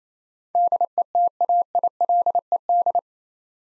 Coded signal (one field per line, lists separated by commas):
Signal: Morse code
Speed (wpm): 28 wpm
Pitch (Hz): 700 Hz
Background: none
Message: DETAILED